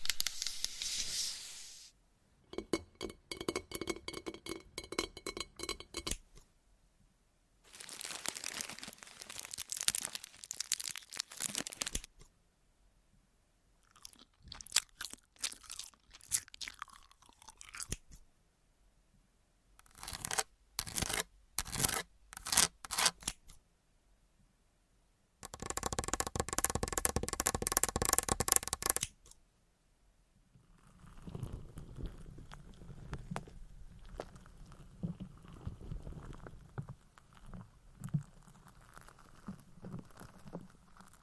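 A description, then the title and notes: Crisp scratching comes in bursts of a few seconds separated by short silences, some passages broken into quick regular taps around the middle. A dense, bright stretch near 26 seconds gives way to softer, lower rubbing that continues to the end. Changing Triggers Every 30 Seconds Scratching , Tapping , Massage & More No Talking.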